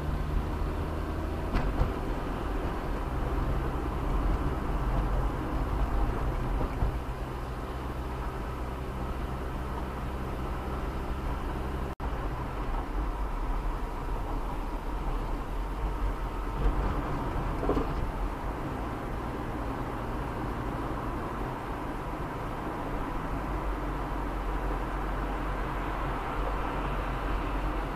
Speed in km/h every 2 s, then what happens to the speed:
35, 41, 43, 45, 46, 47, 47, 46, 45, 45, 46, 48, 49, 50.
0-9 speeds up to 47. 9-28 steady at about 47.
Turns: none.